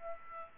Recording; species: mosquito wingbeat signal from an infrared sensor; Aedes aegypti